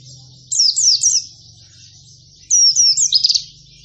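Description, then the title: White-eye song: two bursts of quick, high, slurred twittering notes, separated by a pause, over a faint low hum. Pleci singing actively (gacor), in the nembak panjang style of long rapid trills, with canary-like (kenarian) phrases. "Pleci Gacor. Pleci Nembak Panjang Istimewa Full Kenarian SobekSobek"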